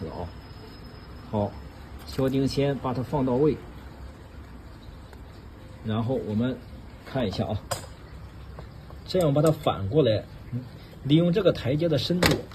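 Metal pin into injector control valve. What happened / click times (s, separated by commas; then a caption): Small pin set in place by hand, no seating click / none. A small metal pin is set into position on the control valve of a Bosch piezo injector, ready to be pressed home with a repair tool. Someone talks in bursts over a quiet background, with only faint brief handling ticks around 5.1, 8.6 and 8.9 seconds. Nothing has seated or clicked yet.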